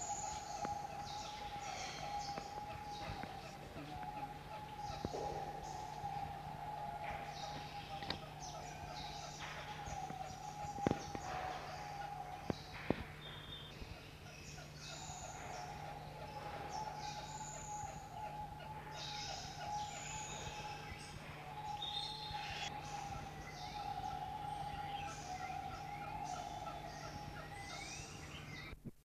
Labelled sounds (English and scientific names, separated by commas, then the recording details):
Kagu (Rhynochetos jubatus) call
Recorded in captivity
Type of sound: call
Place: Zoo Basel, CH
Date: 1976-09-13
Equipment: Halbspur, 9,5 cm/s
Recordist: Lütgens, Hans
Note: Rufe